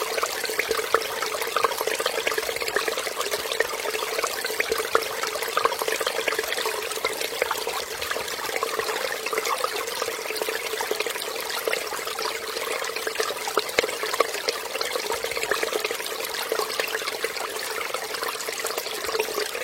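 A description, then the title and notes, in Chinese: A mountain stream runs steadily, its water splashing and trickling in a dense, unbroken wash that stays even throughout. The sound is bright, with little low rumble, full of quick small splashes and bubbling over a constant rushing hiss. 大自然的声音-山涧溪流声。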